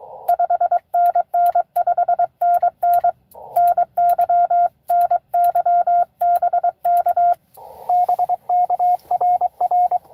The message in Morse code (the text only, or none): 5NN 5NN NY NY BK BK RR